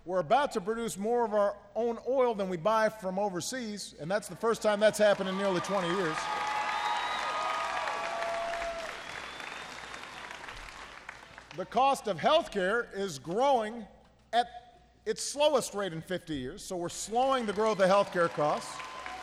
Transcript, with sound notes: We’re about to produce more of our own oil than we buy from overseas, and that's the first time that's happened in nearly 20 years. (Applause.) The cost of health care is growing at its slowest rate in 50 years, so we're slowing the growth of health care costs.